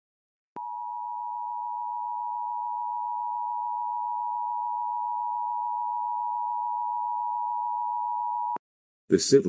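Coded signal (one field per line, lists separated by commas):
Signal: Emergency Alert System (SAME) tones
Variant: 853 and 960 Hz attention tone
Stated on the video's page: Mock Required Monthly Test using valid EAS tones with text-to-speech.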